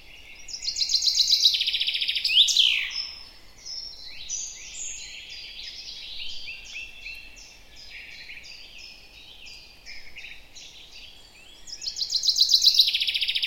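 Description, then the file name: Common chaffinch singing a rattling, descending trill with an emphatic terminal flourish. Other birds chatter softly in the background, and the chaffinch's trill starts again near the end. "Fringilla coelebs"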